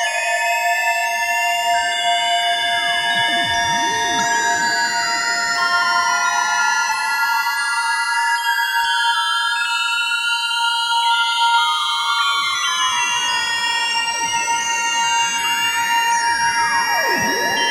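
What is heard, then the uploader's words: An eight-voice Moog synthesizer calibrating through an effects unit, producing steady layered tones that hold, then step to new pitches every second or so. Some tones sweep and swoop, siren-like, while a constant high drone runs throughout at an even loudness. It's the sound of my 8 voice Moog Poly Phatty calibrating through a Dreadbox Hypnosis. Recorded in Audacity.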